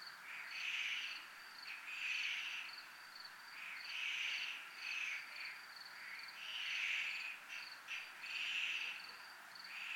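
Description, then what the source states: Crickets give a constant shrill pulsing trill, overlaid by loud buzzy swells that come and go in waves about every two seconds. Crickets recorded at a zona militar (military zone).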